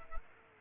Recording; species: mosquito wingbeat signal from an infrared sensor; Culex quinquefasciatus